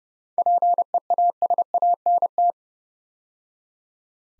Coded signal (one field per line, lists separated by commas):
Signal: Morse code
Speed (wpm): 28 wpm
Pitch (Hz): 700 Hz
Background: none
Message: PEASANT